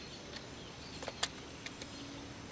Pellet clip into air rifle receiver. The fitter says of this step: kind of awkward doing it this way there we go there it clicked into place okay I got my first round there